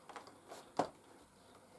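A vacuum handle is pushed into the ports on top of an Oreck Magnesium RS upright vacuum body, preceded by a couple of faint ticks near 0.1 and 0.2 s. It seats with a short, sharp click at 0.8 s, and the handle is in.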